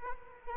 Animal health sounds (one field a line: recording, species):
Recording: mosquito wingbeat signal from an infrared sensor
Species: Culex quinquefasciatus